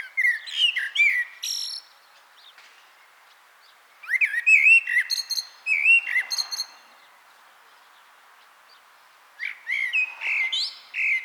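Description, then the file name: Common blackbird song, three bursts of warbled fluty notes mixed with high squeaky twitters, separated by pauses of a few seconds. "Turdus merula"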